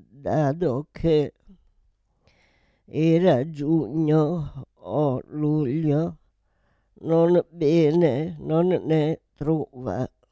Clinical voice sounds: read passage; Italian; female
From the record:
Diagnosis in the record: Parkinson's disease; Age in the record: 78 years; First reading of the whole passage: 164 s, 3.2 characters per second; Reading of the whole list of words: 108 s, 2.6 characters per second

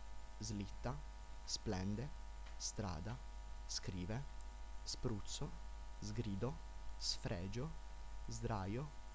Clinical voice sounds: read list of words; Italian; male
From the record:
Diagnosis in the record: healthy control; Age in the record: 19 years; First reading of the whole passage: 46 s, 11.4 characters per second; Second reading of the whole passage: 54 s, 9.6 characters per second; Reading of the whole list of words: 54 s, 5.2 characters per second

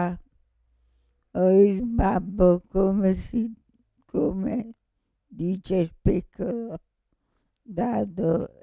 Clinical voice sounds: read passage; Italian; female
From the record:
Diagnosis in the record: Parkinson's disease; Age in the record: 65 years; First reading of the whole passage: 242 s, 2.1 characters per second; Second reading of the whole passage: 180 s, 2.9 characters per second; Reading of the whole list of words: 168 s, 1.7 characters per second

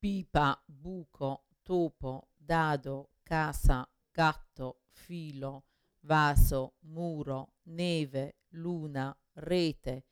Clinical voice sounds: read list of words; Italian; female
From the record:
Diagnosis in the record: Parkinson's disease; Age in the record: 61 years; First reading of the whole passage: 53 s, 9.7 characters per second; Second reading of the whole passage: 51 s, 10.1 characters per second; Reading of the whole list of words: 49 s, 5.7 characters per second

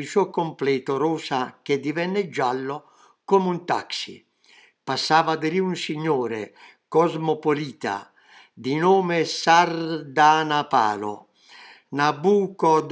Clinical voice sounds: read passage; Italian; male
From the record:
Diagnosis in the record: healthy control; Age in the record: 77 years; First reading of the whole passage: 68 s, 7.6 characters per second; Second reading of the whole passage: 60 s, 8.3 characters per second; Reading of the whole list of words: 67 s, 4.2 characters per second

